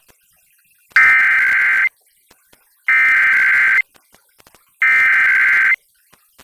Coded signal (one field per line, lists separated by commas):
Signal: Emergency Alert System (SAME) tones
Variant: header bursts